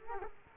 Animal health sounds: mosquito wingbeat signal from an infrared sensor; Culex quinquefasciatus

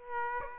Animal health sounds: mosquito wingbeat signal from an infrared sensor; Aedes aegypti

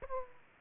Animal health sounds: mosquito wingbeat signal from an infrared sensor; Aedes aegypti

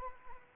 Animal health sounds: mosquito wingbeat signal from an infrared sensor; Anopheles arabiensis

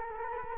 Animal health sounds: mosquito wingbeat signal from an infrared sensor; Culex quinquefasciatus

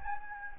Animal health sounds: mosquito wingbeat signal from an infrared sensor; Anopheles gambiae

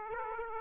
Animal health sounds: mosquito wingbeat signal from an infrared sensor; Aedes aegypti

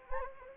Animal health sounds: mosquito wingbeat signal from an infrared sensor; Anopheles gambiae

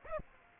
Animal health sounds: mosquito wingbeat signal from an infrared sensor; Aedes aegypti

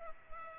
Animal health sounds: mosquito wingbeat signal from an infrared sensor; Culex pipiens

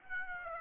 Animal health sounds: mosquito wingbeat signal from an infrared sensor; Aedes aegypti

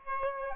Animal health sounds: mosquito wingbeat signal from an infrared sensor; Aedes albopictus

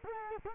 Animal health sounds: mosquito wingbeat signal from an infrared sensor; Culex quinquefasciatus

